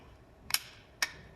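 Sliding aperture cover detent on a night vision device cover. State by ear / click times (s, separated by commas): seated / 0.5 s, 1.0 s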